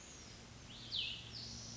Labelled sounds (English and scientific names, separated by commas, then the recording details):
Cassin's Vireo (Vireo cassinii)
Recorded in Sonoma County, California